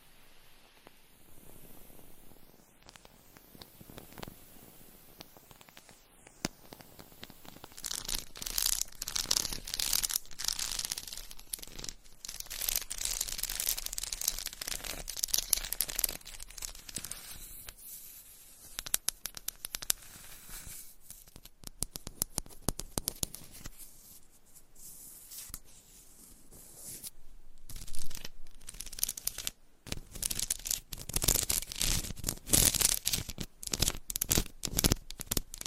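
Tapping and scratching, quiet and sparse for the first seven seconds with a few slow sweeping strokes. From about eight seconds it turns into dense, rapid, crackly scratching in uneven bursts, bright and papery, with brief pauses near twenty and twenty-nine seconds.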